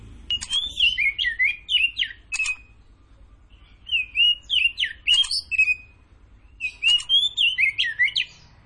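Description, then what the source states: Oriental magpie-robin repeating similar short whistled phrases three times, with a few sharp clicks and a steady low rumble in the background. Kacer Tretes type, singing prolifically (gacor).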